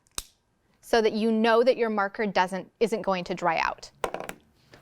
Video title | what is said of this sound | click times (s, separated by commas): Kindergarten November 3, 2020 | When you put the cap on your whiteboard marker, make sure it clicks shut | 0.2 s